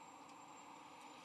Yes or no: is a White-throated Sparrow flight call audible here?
no